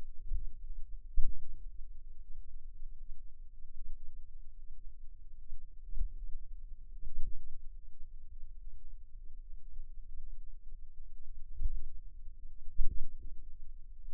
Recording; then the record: forearm muscle sounds (acoustic myography)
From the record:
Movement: finger pinch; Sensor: system 2, bracelet of six BSWA MPA416 microphones around the upper forearm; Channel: 6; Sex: female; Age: 23 years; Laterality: right